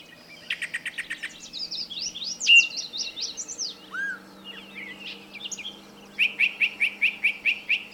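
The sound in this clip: Birdsong in layers: a chirp series, tumbling warbled phrases and a falling slurred whistle, ending with a steady string of repeated chirps.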